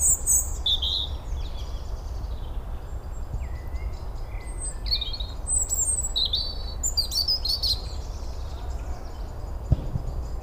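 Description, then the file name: European robin song: a run of varied high warbles, short rising and falling whistles and twittery bursts, over low steady rumble with one brief click near the end. "Erithacus rubecula"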